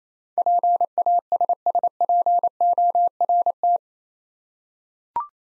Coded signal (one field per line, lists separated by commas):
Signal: Morse code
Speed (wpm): 28 wpm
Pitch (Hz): 700 Hz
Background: none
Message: PASSPORT